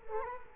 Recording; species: mosquito wingbeat signal from an infrared sensor; Culex quinquefasciatus